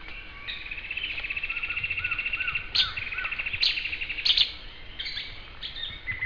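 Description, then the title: Bird song: fast buzzy trills held on one pitch, broken by sharp high chips and short whistled phrases. "LuckyPassaro Completos2Sama"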